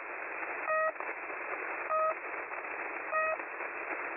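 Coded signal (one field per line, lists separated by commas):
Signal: channel marker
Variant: The Pip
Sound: 3 short buzzy pips, about 1.2 seconds apart, over steady radio hiss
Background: radio static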